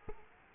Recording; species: mosquito wingbeat signal from an infrared sensor; Culex quinquefasciatus